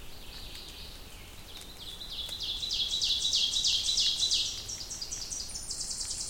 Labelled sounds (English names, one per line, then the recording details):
Ovenbird song
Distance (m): 30 m
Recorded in boreal forest in Alberta, Canada, on 2 June 2016 at 08:35
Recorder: SongMeter 3, array SBT-3-7
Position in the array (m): 54 m, 85 m
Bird 5